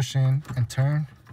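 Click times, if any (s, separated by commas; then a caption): none. A new plastic brake light switch for a Chevy Colorado, replaced because the cruise control is not working, is being pushed into its bracket on the brake pedal and turned so it will lock. Someone talks over faint handling sounds. Nothing has seated or clicked yet.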